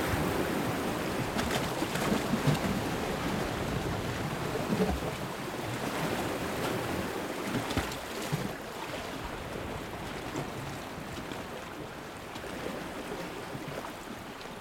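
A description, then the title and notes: Underwater microphone beside a small boat's hull, filled with a dense, steady rush and churn of water weighted toward the low and middle range. Scattered brief taps and knocks break through around two seconds and again near eight, and the wash eases slightly later on. We're on a boat in the Outer Hebrides at anchor near a small island. Recorded by musician David de la Haye.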